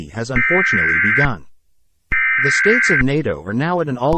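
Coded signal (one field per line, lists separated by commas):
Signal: Emergency Alert System (SAME) tones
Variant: header bursts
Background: speech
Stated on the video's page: Fictional EAS scenario about World War 3.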